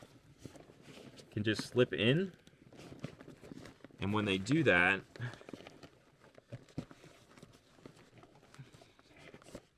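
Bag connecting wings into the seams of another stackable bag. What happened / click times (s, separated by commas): Fabric and plastic tabs handled, nothing heard seating yet / none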